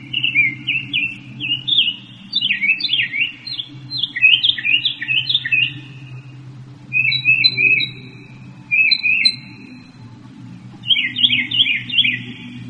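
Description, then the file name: Northern mockingbird song: clusters of chirpy, slurred notes repeated in bursts, with short pauses between phrase types, over a low hum. "kicauan burung northern mockingbird. omkicau"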